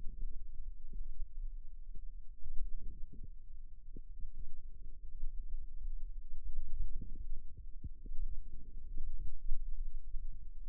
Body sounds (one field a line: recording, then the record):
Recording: forearm muscle sounds (acoustic myography)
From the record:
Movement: wrist flexion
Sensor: system 2, bracelet of six BSWA MPA416 microphones around the upper forearm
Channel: 1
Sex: female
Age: 22 years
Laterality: right